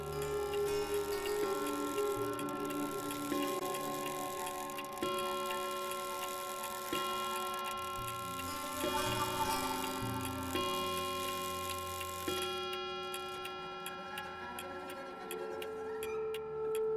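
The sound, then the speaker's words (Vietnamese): A clock ticks at a slow, steady pace over a sustained, droning musical tone, with no one speaking, as its hands reach exactly 12 midnight. “rồi biến mất khi kim đồng hồ chỉ chính 12 giờ đêm.”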